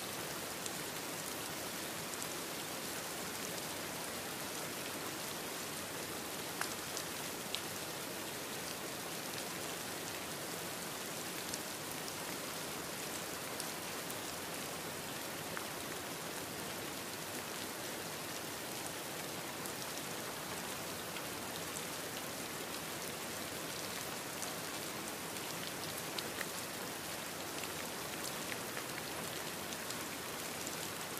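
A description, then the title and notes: Heavy rain pours steadily and densely over hard surfaces, a constant bright hiss with patters and occasional louder drops throughout. Heavy Rain in Town: ambient soundscape. Watching and listening to the rain from a lonely perch in a sleepy tavern.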